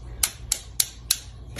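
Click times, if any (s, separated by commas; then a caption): 0.2 s, 0.5 s, 0.8 s, 1.1 s. The camera mount on a Neewer entry-level travel tripod head is tilted through several indexed positions. Four sharp detent clicks are heard in quick succession at 0.2, 0.5, 0.8 and 1.1 seconds. Each step seats into position, and the head can then be locked.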